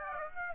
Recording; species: mosquito wingbeat signal from an infrared sensor; Aedes aegypti